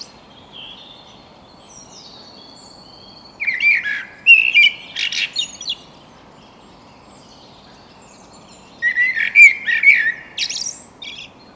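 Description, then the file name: Eurasian blackbird song in two bursts about five seconds apart, each a low fluty warble with thin, scratchy high twittering at the end; quiet between phrases. "Turdus merula"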